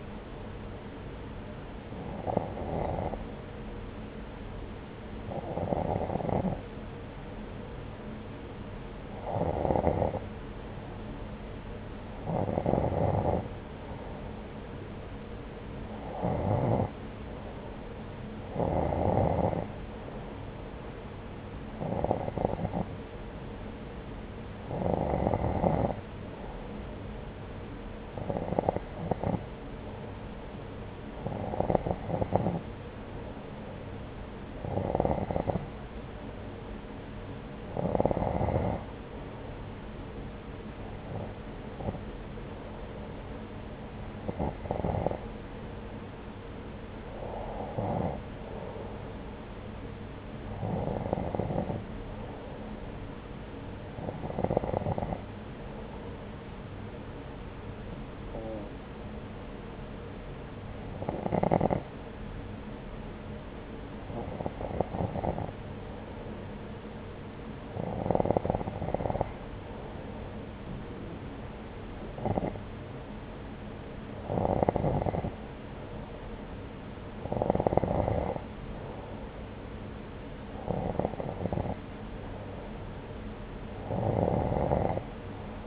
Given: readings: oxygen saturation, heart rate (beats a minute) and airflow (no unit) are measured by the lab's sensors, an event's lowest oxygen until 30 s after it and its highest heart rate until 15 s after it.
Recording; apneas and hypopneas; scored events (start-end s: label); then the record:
breathing in sleep by a voice recorder at the bedside; none
14.00-85.67 s: new sleep stage, N2 (light sleep)
From the record:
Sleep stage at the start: N1 (lightest sleep); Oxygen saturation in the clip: 90 to 92%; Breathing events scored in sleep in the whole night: 303 in 8.1 hours asleep